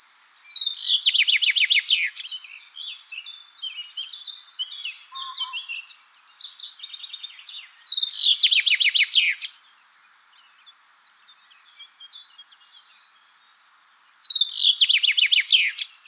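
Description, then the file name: Common chaffinch song: three loud phrases, each a fast cascade of falling notes ending in a flourish, roughly every seven seconds, with other birds chirping in the gaps. "Fringilla coelebs"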